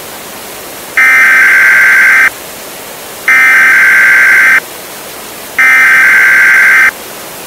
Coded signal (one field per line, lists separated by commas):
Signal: Emergency Alert System (SAME) tones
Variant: header bursts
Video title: EAS Scenario #11 The Hail Storm